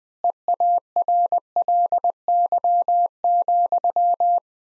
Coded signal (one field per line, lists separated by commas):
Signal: Morse code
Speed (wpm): 21 wpm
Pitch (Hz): 700 Hz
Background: none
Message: EARLY,